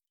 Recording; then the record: hydrophone in a shrimp aquaculture tank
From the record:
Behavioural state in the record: stressed